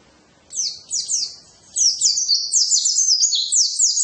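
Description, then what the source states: White-eye song: very high, rapid slurred notes sliding downward, a short opening phrase, a brief pause, then a denser twittering run. Tutor recording (masteran) of a pleci (white-eye), used so that a pleci quickly opens its beak and starts singing.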